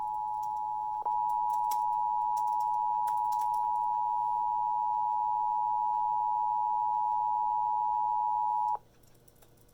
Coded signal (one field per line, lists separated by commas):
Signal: Emergency Alert System (SAME) tones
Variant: 853 and 960 Hz attention tone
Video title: EAS 2786: Alabama Blue Alert